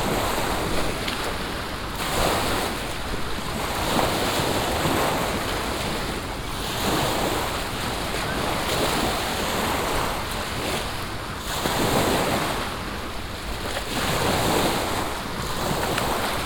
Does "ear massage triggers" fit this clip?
no